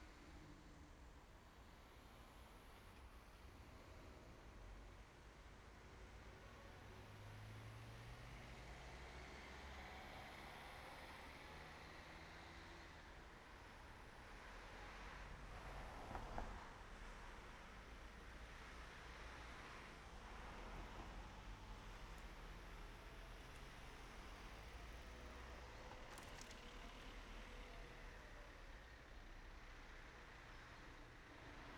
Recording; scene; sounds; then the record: everyday scene through a hearing-aid microphone; in traffic; traffic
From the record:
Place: main road on the outskirts, rush hour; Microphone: behind the ear, right, front